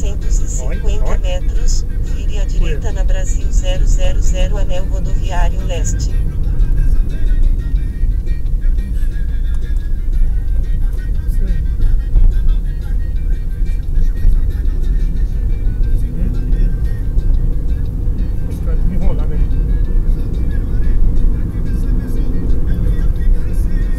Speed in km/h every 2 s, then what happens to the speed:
47, 49, 48, 35, 31, 30, 33, 42, 47, 56, 63, 66.
4-10 slows to 30. 10-24 speeds up to 66.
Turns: none.